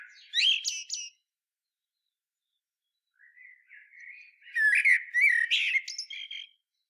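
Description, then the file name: Common blackbird song: a short high squeaky burst, a pause, then quiet low warbling building into louder fluted notes mixed with thin high twitters. "Turdus merula"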